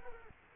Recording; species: mosquito wingbeat signal from an infrared sensor; Culex quinquefasciatus